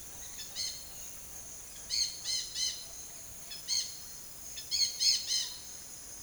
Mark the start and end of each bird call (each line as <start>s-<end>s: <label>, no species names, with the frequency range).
0.33s-0.77s: bird call (1.3-8.1 kHz)
1.93s-2.80s: bird call (1.4-9.5 kHz)
3.44s-3.96s: bird call (1.0-10.0 kHz)
4.55s-5.52s: bird call (1.0-10.1 kHz)